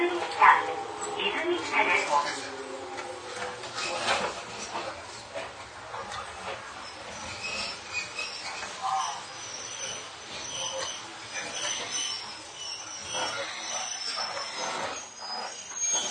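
Inside an Izu-Hakone Railway 3000 series steel train running between Shuzenji and Mishima, a steady rumble and hiss of the moving car fills all sixteen seconds. Brief clicks and squeaks come and go, with a sharper tonal squeal near the start and another around nine seconds.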